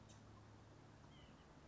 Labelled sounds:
White-breasted Nuthatch
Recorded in Sonoma County, California

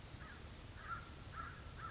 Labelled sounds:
American Crow
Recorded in Sonoma County, California

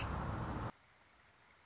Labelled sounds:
Red-winged Blackbird
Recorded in Sonoma County, California

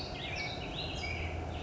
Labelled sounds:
California Towhee
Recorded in Sonoma County, California

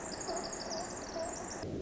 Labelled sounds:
Pacific Wren
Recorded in Sonoma County, California

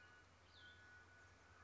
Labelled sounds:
Cassin's Vireo
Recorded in Sonoma County, California

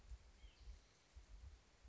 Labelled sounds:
White-breasted Nuthatch
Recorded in Sonoma County, California

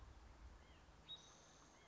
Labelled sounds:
White-breasted Nuthatch
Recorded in Sonoma County, California

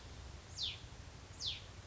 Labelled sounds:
Hutton's Vireo
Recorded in Sonoma County, California

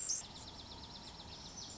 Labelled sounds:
Pacific Wren
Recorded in Sonoma County, California

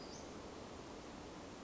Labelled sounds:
Western Flycatcher
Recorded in Sonoma County, California

